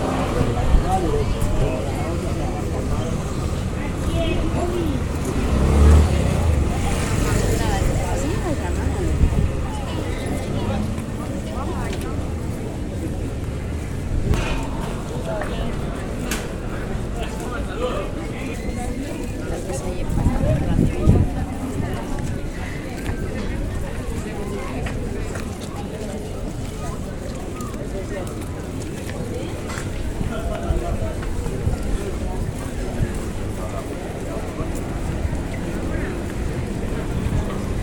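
A sound walk in Cadaquès: continuous overlapping voices and chatter over a low rumble, with brief louder bursts near six and twenty-one seconds.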